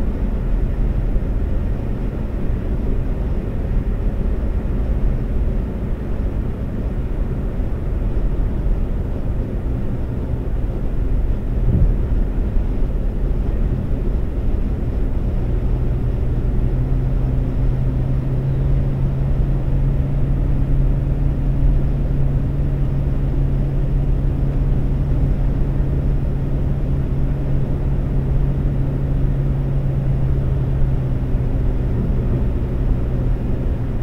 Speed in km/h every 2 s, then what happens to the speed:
132, 132, 132, 132, 132, 132, 132, 132, 132, 130, 132, 132, 132, 132, 132, 132, 132.
0-34 steady at about 132.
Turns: none.